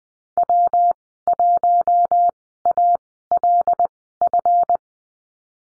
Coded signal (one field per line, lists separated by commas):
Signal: Morse code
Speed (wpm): 20 wpm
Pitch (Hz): 700 Hz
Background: none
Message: W1ALF